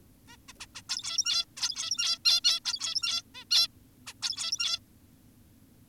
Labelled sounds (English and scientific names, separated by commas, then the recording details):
Zebra Finch (Taeniopygia guttata)
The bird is an adult
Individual g17y2U